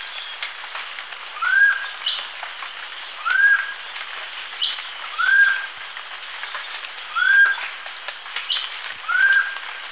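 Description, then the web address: White-faced nunbird calling with short rising-and-falling whistles at roughly two-second intervals, with a thin high-pitched insect drone and scattered clicks behind. Ecuador. "Birds of Ecuador. White-faced Nunbird"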